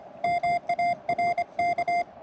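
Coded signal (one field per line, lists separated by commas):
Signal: Morse code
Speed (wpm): 25 wpm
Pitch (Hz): 700 Hz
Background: music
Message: MARK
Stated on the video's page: QRP POTA CW activation using paddles and a Chameleon TDL antenna; radios include FX-4CR and Xiegu 6200.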